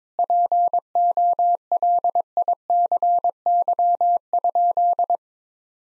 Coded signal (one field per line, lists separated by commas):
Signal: Morse code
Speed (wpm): 22 wpm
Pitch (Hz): 700 Hz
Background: none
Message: POLICY?